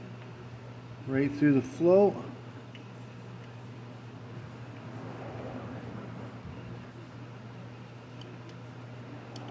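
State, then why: Not seated. A carburetor float hinge pin is pushed through the float on a Briggs and Stratton 625 EX carburetor from a Troy-Bilt TB200 mower, lining the float up in the carburetor body before it is pressed down. Someone talks near the start over a steady low hum, followed by a few faint ticks. The float has not yet been pressed down and nothing has clicked in.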